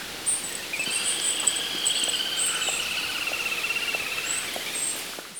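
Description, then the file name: Little grebe giving a long, wavering, high trill, with shrill insect sounds behind. "kaituburi"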